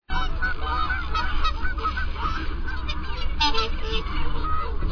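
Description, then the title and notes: Whooper swan calls: a sudden start into a busy mix of nasal, bugle-like honks from several birds over a low background rumble. "Sangsvane by forskningno"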